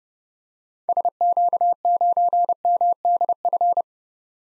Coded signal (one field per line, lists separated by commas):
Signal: Morse code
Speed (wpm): 30 wpm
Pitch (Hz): 700 Hz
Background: none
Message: SQ9MDF